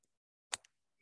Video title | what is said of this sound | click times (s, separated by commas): FitEssentials Basics January 3rd, 2022 | so it goes in you can physically hear it audibly hear a click and then if i try to pull on it | 0.5 s